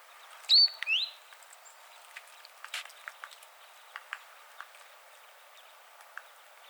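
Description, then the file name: Great tit calls: two loud, sharp whistled notes near the start, then scattered faint ticks and clicks. "Parus major"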